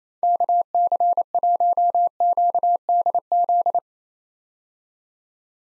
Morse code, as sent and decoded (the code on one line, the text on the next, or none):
-.- -.-. .---- --.- -.. --..
KC1QDZ